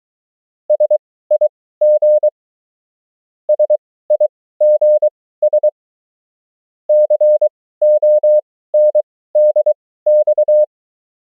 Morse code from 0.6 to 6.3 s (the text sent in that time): SIG SIGS